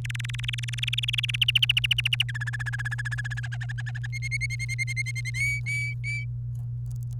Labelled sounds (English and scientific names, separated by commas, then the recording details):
Domestic Canary (Serinus canaria) song
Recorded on 30 April 2018 at 05:46
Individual llb3